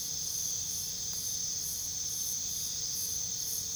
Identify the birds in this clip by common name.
none